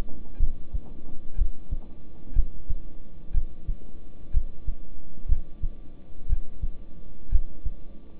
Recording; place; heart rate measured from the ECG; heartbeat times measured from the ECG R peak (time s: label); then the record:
heart sounds by stethoscope; between the tricuspid and mitral areas; 61 bpm
0.38 s: heartbeat
1.36 s: heartbeat
2.33 s: heartbeat
3.32 s: heartbeat
4.31 s: heartbeat
5.26 s: heartbeat
6.27 s: heartbeat
7.29 s: heartbeat
From the record:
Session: rest, lying down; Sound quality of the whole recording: good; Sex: male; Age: 26 years